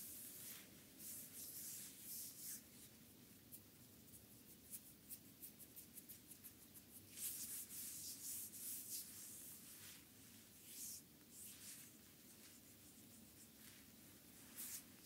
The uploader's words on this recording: ASMR Foot, feet Massage with cream by Adel.